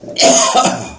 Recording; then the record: coughing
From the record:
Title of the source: Residual Phlegmy Morning Coughing and Gagging